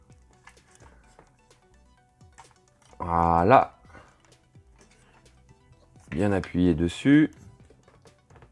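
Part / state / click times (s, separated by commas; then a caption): plastic model part into the robot model assembly / not seated / none. Someone talks while handling clip-in plastic part number 7 of a robot model kit, pressing it firmly into the robot model assembly, with faint taps and light handling ticks throughout. Nothing has seated or clicked yet.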